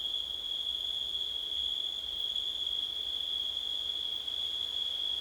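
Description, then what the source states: Cricket: a steady, unbroken high trill lasts the whole stretch. Crickets recorded on a windy September night.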